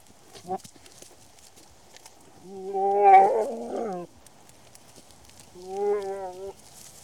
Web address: The BBC Sound Effects Library Livestock Goats Mating